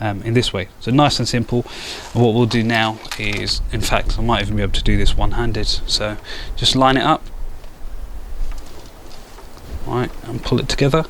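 Someone talks while lining up a plastic TDI tuning box harness connector, one-handed, with the boost sensor plug during a Stage 1 install on a 2021 Audi A3. There are only faint handling sounds between the words. The connector has not been pushed together yet, and nothing has seated or clicked.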